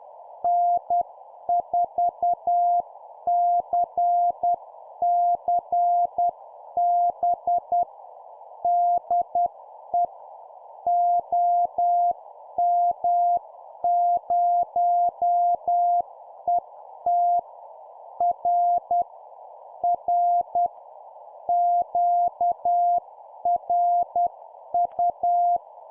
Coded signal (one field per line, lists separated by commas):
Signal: Morse code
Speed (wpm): 10 wpm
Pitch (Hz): 700 Hz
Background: none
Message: N4CCB DE OM0ET R R QRU